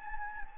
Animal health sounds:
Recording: mosquito wingbeat signal from an infrared sensor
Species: Anopheles gambiae

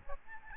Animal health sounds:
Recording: mosquito wingbeat signal from an infrared sensor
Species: Aedes albopictus

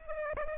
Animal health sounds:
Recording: mosquito wingbeat signal from an infrared sensor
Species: Culex pipiens

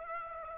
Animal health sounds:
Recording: mosquito wingbeat signal from an infrared sensor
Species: Aedes aegypti

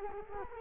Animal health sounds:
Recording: mosquito wingbeat signal from an infrared sensor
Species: Culex quinquefasciatus

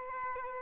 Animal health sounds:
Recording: mosquito wingbeat signal from an infrared sensor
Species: Aedes albopictus

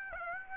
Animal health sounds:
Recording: mosquito wingbeat signal from an infrared sensor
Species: Aedes aegypti

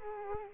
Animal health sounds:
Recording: mosquito wingbeat signal from an infrared sensor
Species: Culex quinquefasciatus

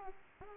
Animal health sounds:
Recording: mosquito wingbeat signal from an infrared sensor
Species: Aedes aegypti

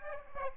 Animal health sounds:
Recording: mosquito wingbeat signal from an infrared sensor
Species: Aedes aegypti

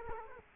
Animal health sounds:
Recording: mosquito wingbeat signal from an infrared sensor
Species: Culex quinquefasciatus

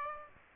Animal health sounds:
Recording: mosquito wingbeat signal from an infrared sensor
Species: Aedes aegypti

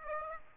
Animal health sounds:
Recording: mosquito wingbeat signal from an infrared sensor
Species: Aedes aegypti

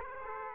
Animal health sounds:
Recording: mosquito wingbeat signal from an infrared sensor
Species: Aedes aegypti

